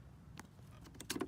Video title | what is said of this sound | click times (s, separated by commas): Guide: Mazda CX-5 Intake Install | plug this right in you'll hear it click that means it's good to go | 1.1 s